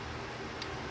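A plastic zip tie's tail is pushed through its locking ratchet head on an epee grip build, with carbon French grips. Over a steady background hiss, a single short tick-like click sounds at 0.6 s. The zip tie ratchet is engaged and seated.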